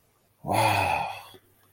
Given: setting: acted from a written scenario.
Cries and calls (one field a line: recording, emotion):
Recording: vocal sound without words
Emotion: awe